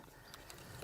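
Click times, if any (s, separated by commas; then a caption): 0.5 s. A Webb ECO 20V battery pack is swapped over onto a small cordless line trimmer and pushed into its plastic battery slot. After a small knock at 0.3 s, a sharp click at 0.5 s shows the battery is seated in place, followed by a faint tap at 0.8 s.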